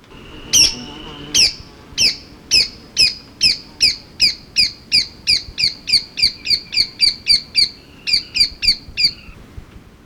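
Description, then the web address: Spillmann's tapaculo calling, a long series of about twenty sharp notes, each with a clear overtone, speeding up at the start, with a brief pause near the end. Recorded in Ecuador. "Birds of Ecuador 2. Spillmann's Tapaculo"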